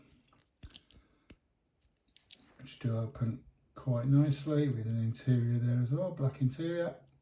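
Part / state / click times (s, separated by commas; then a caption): opening door of a diecast model truck closing into the body / not seated / none. The opening doors of a small diecast metal model truck with a black interior are handled by hand, giving a few faint, sharp ticks in the first couple of seconds before someone talks. The doors have not yet been pushed shut into the body, and nothing has clicked or seated yet.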